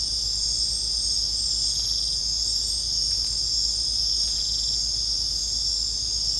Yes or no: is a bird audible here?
no